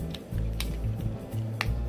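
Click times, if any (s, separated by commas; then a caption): 1.6 s. The plastic windshield/chest panel of an X-Transbots MM-X Toro (a third-party MP Cliffjumper) transforming robot figure is pushed forward so it grooves under and its notches engage the two slots in the plastic torso, finishing the transformation. Light plastic ticks at 0.1 s and 0.6 s over a steady low hum lead to a sharp snap at 1.6 s as the panel seats into place.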